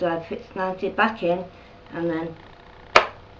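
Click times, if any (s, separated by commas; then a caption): 3.0 s. Someone talks while a laptop hard drive is pushed back into its drive bay in the laptop. At 3.0 s it snaps into place with one sharp click, and the drive is seated.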